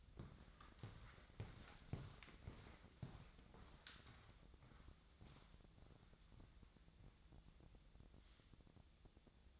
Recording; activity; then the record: daily activity, microphone in the room; walk to room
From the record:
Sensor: 3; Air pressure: 999.4 hPa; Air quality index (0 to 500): 197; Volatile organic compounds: 44 ppm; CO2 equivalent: 3212 ppm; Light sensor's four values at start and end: 8/18/7/7 and 8/19/7/7